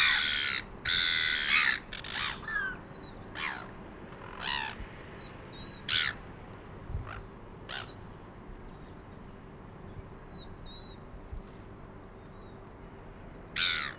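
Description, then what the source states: Gull calls: a loud burst of harsh squawks at first, then scattered shorter cries, with faint high notes in the background. By the sea at Port Chalmers, 2018.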